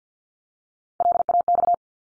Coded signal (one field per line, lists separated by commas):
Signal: Morse code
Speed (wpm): 50 wpm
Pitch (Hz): 700 Hz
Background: none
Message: LAX